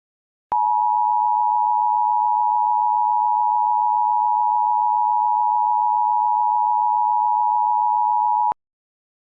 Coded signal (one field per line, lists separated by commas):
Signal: Emergency Alert System (SAME) tones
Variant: 853 and 960 Hz attention tone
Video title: Not So Superior | An EAS Scenario